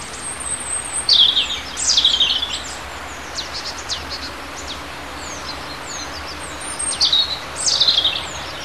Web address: hecke vogel maerz vogel m 3 4 0 heimisch